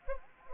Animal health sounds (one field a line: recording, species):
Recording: mosquito wingbeat signal from an infrared sensor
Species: Anopheles arabiensis